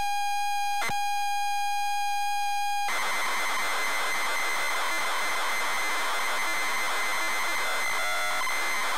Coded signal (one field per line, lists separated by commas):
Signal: ZX Spectrum tape loading